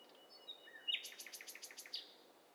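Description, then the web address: Mixed birdsong. A sliding whistle leads into a rapid train of evenly spaced chirps, with a steady high tone overlapping it. Stereo high-fidelity overlapping mix of several birds singing at once, assembled as a test set for a bird cocktail party challenge. "Hi Fi STEREO BIRD COCKTAIL PARTY Challenge SBCP TESTSET HDBird Cocktail Party"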